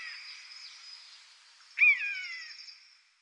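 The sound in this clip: Common buzzard giving a single plaintive mew that falls in pitch and fades.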